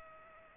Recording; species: mosquito wingbeat signal from an infrared sensor; Culex pipiens